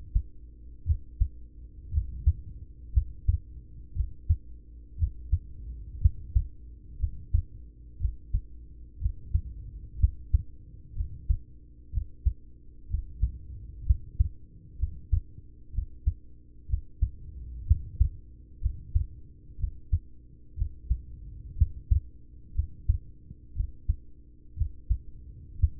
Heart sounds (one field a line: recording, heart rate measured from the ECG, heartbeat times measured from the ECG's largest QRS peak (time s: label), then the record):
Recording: heart sounds by stethoscope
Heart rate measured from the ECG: 61 bpm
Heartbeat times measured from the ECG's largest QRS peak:
0.83 s: heartbeat
1.89 s: heartbeat
2.90 s: heartbeat
3.92 s: heartbeat
4.95 s: heartbeat
5.98 s: heartbeat
6.96 s: heartbeat
7.97 s: heartbeat
8.98 s: heartbeat
9.96 s: heartbeat
10.92 s: heartbeat
11.89 s: heartbeat
12.86 s: heartbeat
13.83 s: heartbeat
14.76 s: heartbeat
15.70 s: heartbeat
16.66 s: heartbeat
17.64 s: heartbeat
18.58 s: heartbeat
19.56 s: heartbeat
20.54 s: heartbeat
21.54 s: heartbeat
22.52 s: heartbeat
23.52 s: heartbeat
24.54 s: heartbeat
25.56 s: heartbeat
From the record:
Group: heart failure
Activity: rest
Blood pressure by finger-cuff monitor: 105/56 mmHg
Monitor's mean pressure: 74 mmHg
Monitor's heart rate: 61 bpm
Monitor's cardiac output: 5.9 L/min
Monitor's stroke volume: 99 mL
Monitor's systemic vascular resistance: 890 dyn s/cm5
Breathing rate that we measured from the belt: 8 breaths a minute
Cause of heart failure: ischemic heart disease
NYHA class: 1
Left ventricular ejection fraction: 33%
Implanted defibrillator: present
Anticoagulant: apixaban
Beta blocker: carvedilol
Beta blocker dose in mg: 18.75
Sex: male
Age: 39 years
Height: 168 cm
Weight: 72 kg